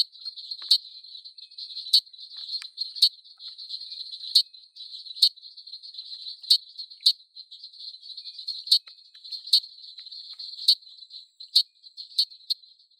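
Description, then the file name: Dwarf treefrog calling: a steady high-pitched buzzing, broken by sharp clicking notes at irregular intervals. "Dendropsophus nanus"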